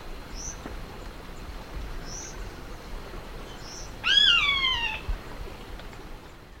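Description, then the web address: Blackish Rail call: one harsh squeal that climbs abruptly then sags over about a second, preceded by a few faint high chirps. Recorded in Ecuador. "Birds of Ecuador. Blackish Rail"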